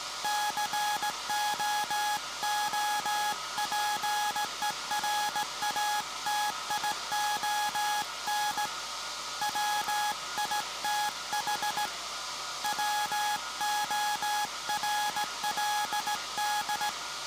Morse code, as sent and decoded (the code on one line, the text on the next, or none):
-.-. --- --- .--. . .-. .- - .. --- -. / .-- .. - .... / .-- --- .-. .-.. -..
COOPERATION WITH WORLD